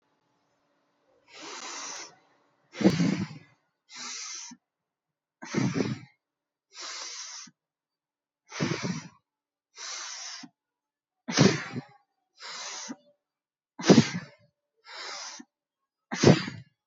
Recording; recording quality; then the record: deep breathing; excellent, no background noise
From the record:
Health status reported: recovered from COVID-19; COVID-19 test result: positive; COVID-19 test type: RT-PCR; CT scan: taken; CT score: 0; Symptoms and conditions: fatigue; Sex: female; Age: 55 years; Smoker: no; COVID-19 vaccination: both doses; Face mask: not worn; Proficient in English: yes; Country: India